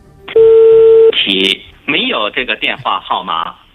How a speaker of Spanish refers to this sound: Bueno, un mensaje que informaba en chino, después en inglés, que ese número, digamos, que no estaba operativo o no estaba en servicio.